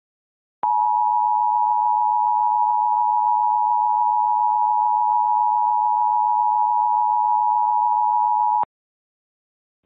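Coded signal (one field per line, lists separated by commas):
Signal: Emergency Alert System (SAME) tones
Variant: 853 and 960 Hz attention tone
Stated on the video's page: Recreation of an alert received on Xfinity cable TV, with valid EAS tones.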